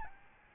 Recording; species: mosquito wingbeat signal from an infrared sensor; Aedes albopictus